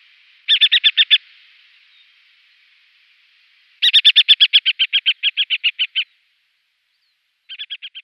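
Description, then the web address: Hen harrier chattering call: three bursts of rapid, harsh, evenly spaced notes, the longest a run of about fourteen that slows slightly toward its end, with silence between bursts. Female. "Schulze Peter Hen Harrier"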